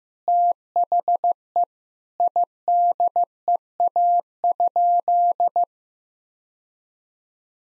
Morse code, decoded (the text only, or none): THE IDEA?